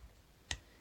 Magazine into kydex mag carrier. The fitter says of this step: more if you can see it here it'll actually twist and pop